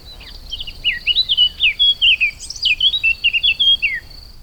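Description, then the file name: Eurasian blackcap song: a sustained, chattering warble of quick rising and falling notes over a faint continuous high-pitched insect tone. "Sylvia atricapilla"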